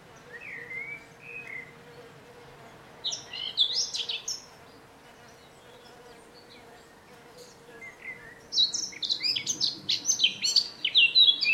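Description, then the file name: Eurasian blackcap song: soft opening notes, a short warbled burst, then after a quiet gap a louder rapid chattering phrase, with a steady low hum. "Sylvia atricapilla"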